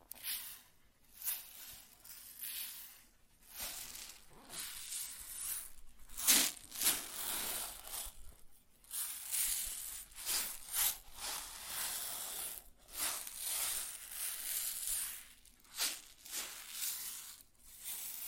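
Grain pours and shifts in a rough, hissing rush that swells and thins in waves, with brief near-silent gaps around 8, 12.5 and 17 seconds. The sound is bright and gritty, carrying little low end, with a louder burst just after six seconds.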